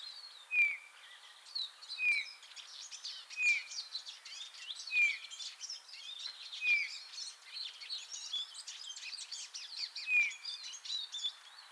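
Eurasian bullfinch calls: soft, short downslurred whistles repeated every few seconds over a busy chorus of other small birds chirping.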